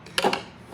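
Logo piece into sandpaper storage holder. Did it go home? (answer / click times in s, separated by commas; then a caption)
yes / 0.2 s. A logo piece, oriented to the front, is snapped into a sandpaper storage holder. A sharp click at 0.2 s is followed by a softer second tick at 0.3 s, with a brief low resonance in between. The piece seats with a firm click.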